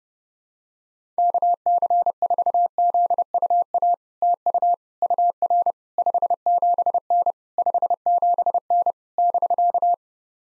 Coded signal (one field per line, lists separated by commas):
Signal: Morse code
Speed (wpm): 32 wpm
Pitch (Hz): 700 Hz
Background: none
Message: KC4ZUA TU UR 57N 57N <BK>